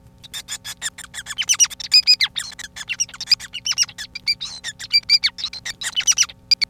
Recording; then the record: song of a male Bengalese finch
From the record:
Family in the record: son of father 5